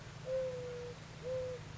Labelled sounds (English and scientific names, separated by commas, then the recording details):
Mourning Dove (Zenaida macroura)
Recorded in Sonoma County, California